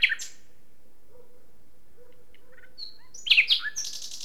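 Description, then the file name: Common nightingale song, sparse: a short squeaky burst, a long quiet gap with a thin whistle, then a dense cluster of sharp high notes. "Luscinia megarhynchos"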